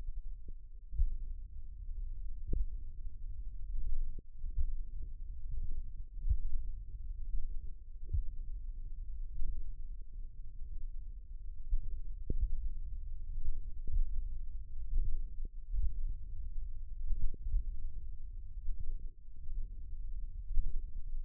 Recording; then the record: forearm muscle sounds (acoustic myography)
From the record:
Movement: tripod grip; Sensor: system 1, eight BSWA MPA416 microphones around the upper forearm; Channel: 6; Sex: male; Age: 54 years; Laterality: right